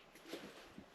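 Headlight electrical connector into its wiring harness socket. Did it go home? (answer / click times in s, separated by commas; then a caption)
no / none. A headlight electrical connector on a KTM 1290 Super Adventure S is handled by hand as it is guided toward its wiring harness socket during a front-end rebuild. Soft plastic handling rustles are heard, with faint bumps around 0.3 s and 0.8 s. Nothing has seated or clicked yet.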